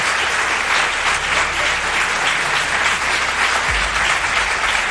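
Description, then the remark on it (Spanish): Sustained audience applause, a dense, steady wash of many hands clapping at a fairly loud, even level throughout, with no voices standing out above it. “tendréis ocasión de aplaudirle más, si se lo merece, por supuesto.”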